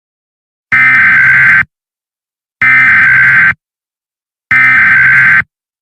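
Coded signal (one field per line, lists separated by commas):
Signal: Emergency Alert System (SAME) tones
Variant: header bursts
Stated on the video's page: Fictional EAS scenario about an insurrection in Indiana.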